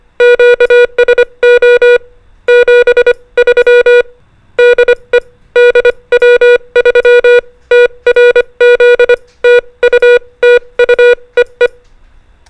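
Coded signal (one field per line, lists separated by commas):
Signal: Morse code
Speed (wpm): 25 wpm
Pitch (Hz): 480 Hz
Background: music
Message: QSO 73 DE DW3TRZ TU TU EE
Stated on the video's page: Morse code trainer sending CW prosigns and most commonly used abbreviations.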